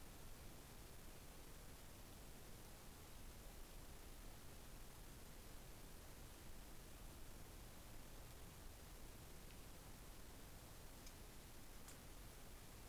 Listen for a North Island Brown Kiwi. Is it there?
no